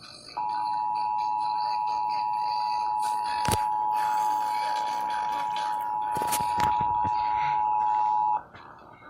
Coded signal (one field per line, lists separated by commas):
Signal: Emergency Alert System (SAME) tones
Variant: 853 and 960 Hz attention tone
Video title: EAS: Severe Thunderstorm Warning (7/6/19)(EAS #128)